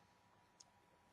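Opening tool pegs are pushed into the slots of an Xbox 360 plastic case to release the internal plastic tabs holding the shell. Against a quiet background, a short, bright click is heard at 0.6 s as the case retaining clip releases, followed by a louder burst of high-frequency noise at the very end.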